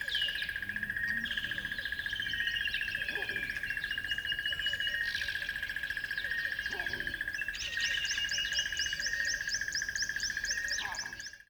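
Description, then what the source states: Birds in a dawn chorus with mixed chirps and whistles, then a fast run of sharp high repeated notes, all over a constant pulsing insect-like trill. At dawn on a river bed.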